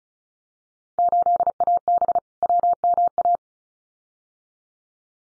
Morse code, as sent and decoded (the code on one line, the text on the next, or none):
---.. .- -... / .-- -- .-
8AB WMA